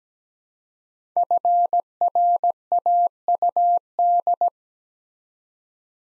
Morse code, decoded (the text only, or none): FRAUD